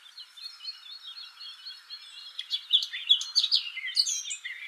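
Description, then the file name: Eurasian blackcap song beginning as a low muttered warble and swelling into clearer, louder chirping phrases. "Sylvia atricapilla"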